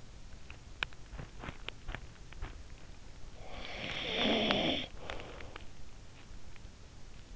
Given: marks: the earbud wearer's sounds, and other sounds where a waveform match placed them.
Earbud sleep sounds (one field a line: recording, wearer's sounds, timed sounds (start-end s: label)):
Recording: sounds in sleep by an in-ear microphone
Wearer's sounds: teeth grinding, snoring breath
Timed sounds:
0.52-2.74 s: teeth grinding
3.37-5.62 s: snoring breath